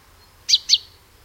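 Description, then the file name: Common chaffinch calls: two sharp, high notes in quick succession, about a fifth of a second apart, over a quiet background. "Fringilla coelebs"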